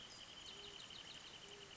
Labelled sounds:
Wrentit (Chamaea fasciata)
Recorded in Sonoma County, California

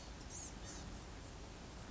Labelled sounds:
Blue-gray Gnatcatcher (Polioptila caerulea)
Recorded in Sonoma County, California

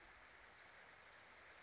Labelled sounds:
Brown Creeper (Certhia americana)
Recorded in Sonoma County, California

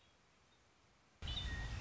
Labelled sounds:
Red-winged Blackbird (Agelaius phoeniceus)
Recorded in Sonoma County, California

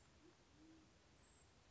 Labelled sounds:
Band-tailed Pigeon (Patagioenas fasciata)
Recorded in Sonoma County, California

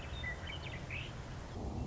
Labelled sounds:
Western Meadowlark (Sturnella neglecta)
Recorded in Sonoma County, California

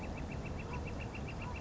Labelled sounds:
Northern Flicker (Colaptes auratus)
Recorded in Sonoma County, California

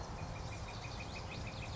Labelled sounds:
Northern Flicker (Colaptes auratus)
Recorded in Sonoma County, California

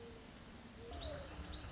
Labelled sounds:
Mourning Dove (Zenaida macroura)
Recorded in Sonoma County, California

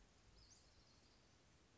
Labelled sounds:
Western Flycatcher (Empidonax difficilis)
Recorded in Sonoma County, California

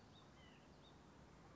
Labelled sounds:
White-breasted Nuthatch (Sitta carolinensis)
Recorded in Sonoma County, California

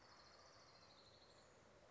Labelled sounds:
Orange-crowned Warbler (Leiothlypis celata)
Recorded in Sonoma County, California

